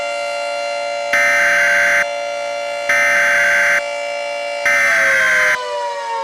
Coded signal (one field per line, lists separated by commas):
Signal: Emergency Alert System (SAME) tones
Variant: header bursts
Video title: Minecraft Attack 5: The End (an EAS Scenario)